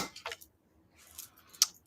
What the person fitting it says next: and we heard a click so that way we know it's in there